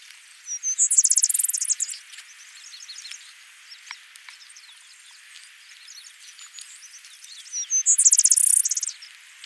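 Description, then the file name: Vesper sparrow song: two clear whistled opening notes, then a rapid high buzzy trill, given twice about seven seconds apart, with faint thin notes in between. "Pooecetes gramineus - Vesper Sparrow"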